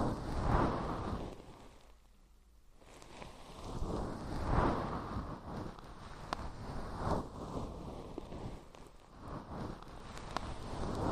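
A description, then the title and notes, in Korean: Ear cleaning with a fluffy tool: soft, muffled rustling and brushing with a deep, rumbly body. Swells come roughly every two to three seconds, with a brief hush near two seconds and a few sharp little clicks later on. 솜털 귀청소 동시에 (인트로 수다 X).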